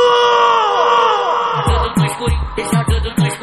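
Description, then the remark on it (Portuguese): A large crowd of football fans, called on to shout if they support Corinthians, lets out a loud, sustained shout that swells and holds, then breaks into rhythmic cheering bursts punctuated by regular low thumps. “Quem é do Corinthians, dá um grito.”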